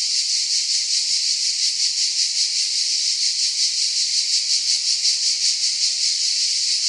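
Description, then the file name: Cicada buzzing continuously, a harsh high-pitched rasp with rapid even pulsation and no pauses, holding the same level from start to finish. "cigales"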